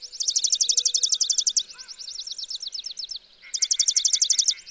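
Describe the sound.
Chipping sparrow giving a quick, rattling trill of high dry notes, then a looser trill, and another rapid burst, with a short lower whistle in between.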